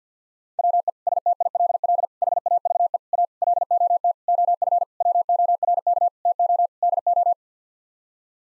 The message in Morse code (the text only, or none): WE STILL HAVE A LOT OF WORK TO DO